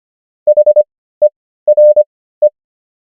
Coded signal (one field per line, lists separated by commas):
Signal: Morse code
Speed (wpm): 25 wpm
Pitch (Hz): 600 Hz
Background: none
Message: HERE